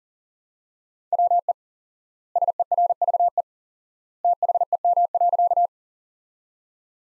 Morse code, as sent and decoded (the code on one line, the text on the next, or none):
.-- . / ... . .-. ...- . / - .... . -- .-.-.-
WE SERVE THEM.